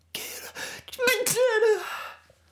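Two breathy intakes, then a sharp held-back sneeze that escapes and breaks into a falling voiced tone, as if the person was about to sing; an ordinary adult sneeze.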